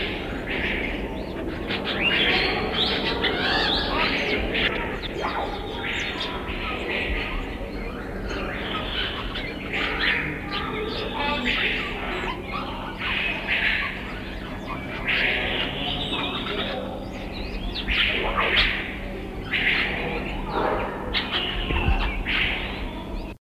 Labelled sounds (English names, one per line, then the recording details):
White-shouldered Starling song
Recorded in captivity
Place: Zoo Basel, CH
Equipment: Halbspur, 9,5 cm/s
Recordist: Lütgens, Hans
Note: Gesang